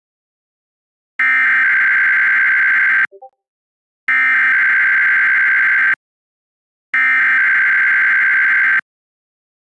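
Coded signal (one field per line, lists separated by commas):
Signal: Emergency Alert System (SAME) tones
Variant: header bursts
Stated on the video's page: Required Weekly Test from Oklahoma City weather radio station, received via an IP radio stream.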